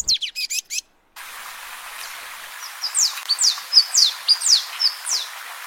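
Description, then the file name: Blue-and-yellow Tanager song after a brief different sound and a cut: a loose series of thin, high, slurred notes over faint background hiss. "Canto do sanhacu papa laranja"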